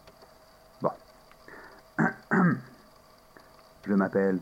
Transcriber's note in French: s’éclaircit la voix